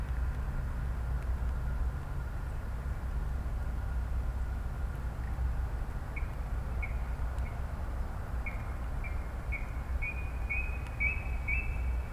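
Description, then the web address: Brown-cheeked rail calling with a string of short, clipped high notes that begins midway and quickens slightly, over a constant low rumble. "koe kuina"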